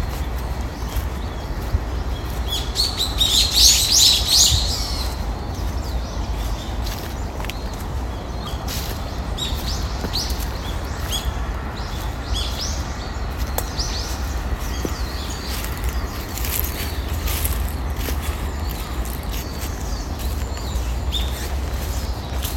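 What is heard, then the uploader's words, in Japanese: A steady low rush of running water fills a morning park while small birds chirp, with a bright burst of song around four seconds. 公園の朝散歩より629鳥のさえずり。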